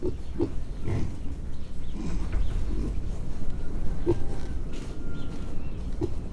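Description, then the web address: Pig grunts: a few short, low grunts at irregular intervals over a steady, rumbling background noise. Premium Mangalica piglets, 10 weeks old, several animals grunting, Hortobágy National Park, 1 April 2013. "allathangok hortobagyinemzetipark 2013 premium mangalica 10 hetesek roffentgetnek 2013 aprilis 01"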